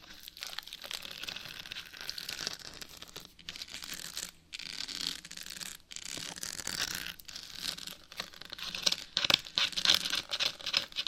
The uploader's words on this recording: ASMR Brain Melting Scratching (No Talking).